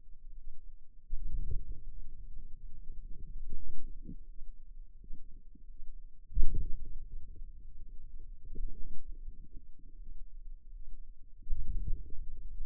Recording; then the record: forearm muscle sounds (acoustic myography)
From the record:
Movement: wrist flexion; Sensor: system 2, bracelet of six BSWA MPA416 microphones around the upper forearm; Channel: 3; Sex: female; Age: 23 years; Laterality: right